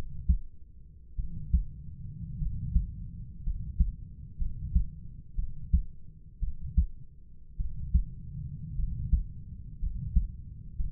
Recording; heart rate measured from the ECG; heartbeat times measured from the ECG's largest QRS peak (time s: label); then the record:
heart sounds by stethoscope; 56 bpm
1.16 s: heartbeat
2.39 s: heartbeat
3.43 s: heartbeat
4.38 s: heartbeat
5.36 s: heartbeat
6.40 s: heartbeat
7.57 s: heartbeat
8.76 s: heartbeat
9.79 s: heartbeat
10.77 s: heartbeat
From the record:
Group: healthy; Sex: male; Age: 25 years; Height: 170 cm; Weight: 70.4 kg